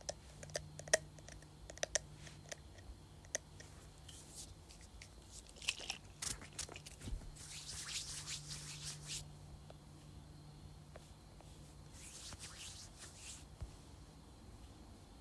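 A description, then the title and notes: A spray bottle is handled with sharp clicks and taps scattered through the first seven seconds. Two longer hissing sprays follow, one around eight to nine seconds and another near twelve to thirteen, over a low steady hum. ASMR Shaking and Spraying Spray Bottle.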